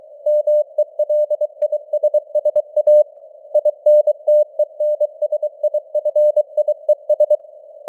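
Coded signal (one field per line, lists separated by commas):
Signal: Morse code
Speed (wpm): 23 wpm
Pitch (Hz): 600 Hz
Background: none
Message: MELISSA INTENSIFIES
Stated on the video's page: Morse news headlines at 23 wpm with simulated radio noise and varying signal strength (QSB).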